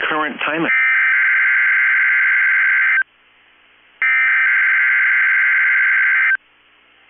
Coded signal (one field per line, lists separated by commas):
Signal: Emergency Alert System (SAME) tones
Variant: header bursts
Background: speech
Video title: 3/2/22 - Crazy Required Weekly Test on KEC65 (EAS #370 & EAS #371)